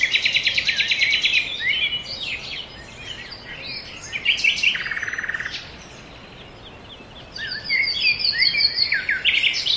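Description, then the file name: Birds singing in a busy chorus, with rapid trills, chirps and high twittering phrases overlapping, a buzzy rattle near the middle, then a brief lull before the chirping resumes. "ASMR Nature Noise - Forest Birds"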